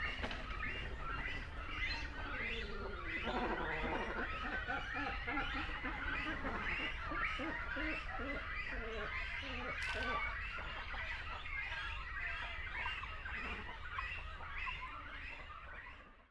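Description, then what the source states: Great cormorant colony: rapid, overlapping guttural grunts and croaks from many birds, a steady babble that softens toward the end. Continental great cormorant, calling at a colony.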